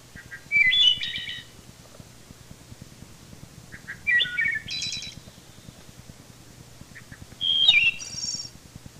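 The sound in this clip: Wood thrush delivering three separate phrases, each soft low notes then ringing flutelike tones ending in a high airy trill, with pauses of a few seconds between.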